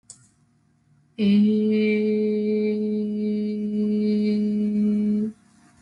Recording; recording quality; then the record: sustained vowel as in made; excellent, no background noise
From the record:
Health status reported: healthy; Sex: female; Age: 26 years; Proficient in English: yes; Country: United States